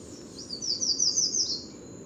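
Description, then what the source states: Yellow Warbler singing a quick run of high, sweet, slurred notes for roughly a second, over a steady low background noise. Guadeloupe, November, outside the usual singing season; lemon-yellow bird keeping to shrub height and high hedges, hard to see in foliage.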